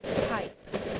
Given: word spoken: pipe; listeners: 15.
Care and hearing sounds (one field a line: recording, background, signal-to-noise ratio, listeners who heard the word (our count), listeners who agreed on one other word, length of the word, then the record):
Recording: one English word in noise, from a listening test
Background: noise modulated by three-talker babble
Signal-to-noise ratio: -4.4 dB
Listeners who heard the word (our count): 2 of 15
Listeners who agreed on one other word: 10 of 15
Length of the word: 0.60 s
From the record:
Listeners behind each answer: 10, 2, 2, 1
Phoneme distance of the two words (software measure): 10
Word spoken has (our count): 1 syllable, 3 phonemes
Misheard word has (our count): 1 syllable, 3 phonemes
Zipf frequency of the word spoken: 4.26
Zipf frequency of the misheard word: 4.93